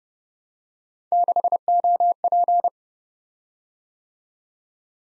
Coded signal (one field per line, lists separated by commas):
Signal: Morse code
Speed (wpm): 30 wpm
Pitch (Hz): 700 Hz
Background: none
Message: 6OP